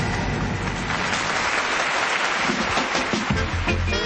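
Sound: studio audience applause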